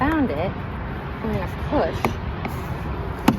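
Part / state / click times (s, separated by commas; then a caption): interior door panel clip into the door frame / seated / 3.3 s. Someone talks while pushing the plastic interior door panel of a 2024-2025 Honda HR-V at its first clip location into the door frame, during a driver's side mirror replacement. A short, sharp click is heard at 3.3 s as the clip snaps in, and the panel clip is seated.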